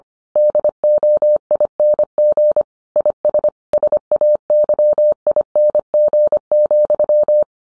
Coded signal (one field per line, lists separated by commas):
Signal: Morse code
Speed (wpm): 25 wpm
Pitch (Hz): 600 Hz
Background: none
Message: DOING IS SAYING,